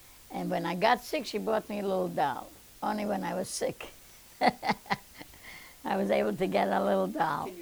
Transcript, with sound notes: And when I got sick she bought me a little doll. Only when I was sick. ( she laughs ) I was able to get a little doll.